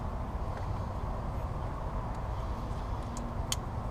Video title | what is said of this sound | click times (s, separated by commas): Fiat Abarth 500: Madness Boost Controller Installation by Mike | again you hear a click when you get it snapped together | 3.5 s